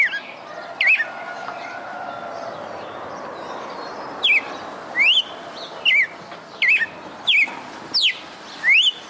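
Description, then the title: Red-cowled cardinal song: loud, sharp whistled notes with sliding pitch, one early and then a series after a pause, over a steady background hiss. Female bird singing, recorded in Fortaleza-CE, Brazil. "Canto Galo Campina Fêmea. Galo de Campina Fortaleza-CE"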